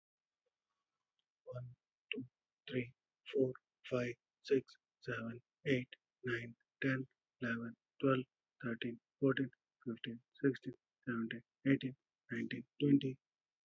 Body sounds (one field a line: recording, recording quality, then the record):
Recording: counting at a normal pace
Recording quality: excellent, no background noise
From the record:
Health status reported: respiratory illness, not identified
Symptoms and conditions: asthma, hypertension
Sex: male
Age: 50 years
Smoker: not ticked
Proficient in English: yes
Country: India